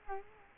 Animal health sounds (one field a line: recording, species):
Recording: mosquito wingbeat signal from an infrared sensor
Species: Culex quinquefasciatus